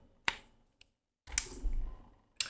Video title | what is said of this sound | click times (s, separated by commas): Eric's Custom MHS Neopixel Lightsaber with Proffie | when you put your battery in it should just snap right in | 0.3 s, 2.4 s